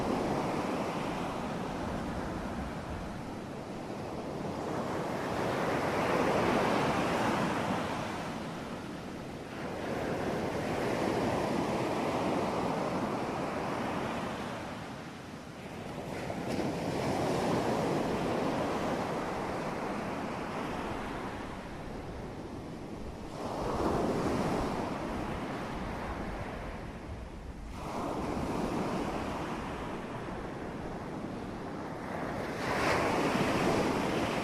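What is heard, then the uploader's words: Waves wash in at night, one after another, each swell of surf building and fading every few seconds, with strong breaks near 6, 17, 24 and 28 seconds. The roar is full, mostly low to middle in pitch, over a steady rush of wind. Waves at Night. Ocean nature.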